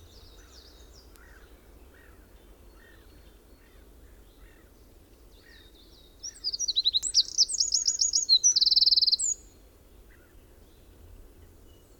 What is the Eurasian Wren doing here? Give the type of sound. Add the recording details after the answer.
song. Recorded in the wild. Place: Ralswiek, Mecklenburg-Vorpommern, DE. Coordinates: 54.475, 13.446. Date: 1975-04-12 05:45. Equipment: Nagra III BH, Sennheiser MD 21, parabola. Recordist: Schubert, Michael. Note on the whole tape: Gesang Zaunkönig